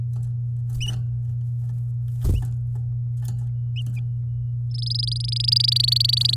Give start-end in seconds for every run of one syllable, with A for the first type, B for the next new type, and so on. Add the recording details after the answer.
4.71-6.35 A. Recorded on 9 May 2018 at 09:54. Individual llb16